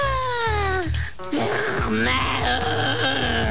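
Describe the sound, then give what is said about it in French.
Strained, closed-mouth grunting and groaning, a held-breath effort with a wavering, sliding pitch that rises and falls, continuous for a few seconds over a steady musical backing; a character in Le Monde de Monsieur Fred holding his breath until he sees another control tower. “Je retenais ma respiration jusqu'à ce que je vois un autre tour de contrôle.”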